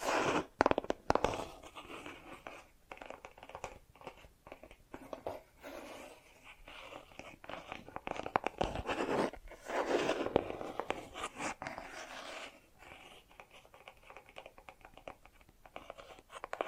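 Bracelets and jewelry boxes being handled, giving a busy stream of small clicks, rattles and scraping sounds that stop and start throughout. The clatter is dense and uneven, with brief quiet gaps around six and twelve seconds and a louder flurry near nine to ten seconds.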